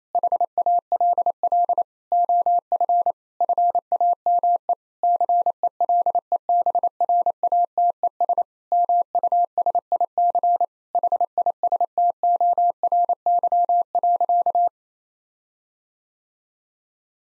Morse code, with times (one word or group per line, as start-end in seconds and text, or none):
0.1-1.8 HALL
2.1-3.1 OF
3.4-4.7 FAME
5.0-8.4 CELEBRATES
8.7-10.7 MUSIC
10.9-14.7 HISTORY.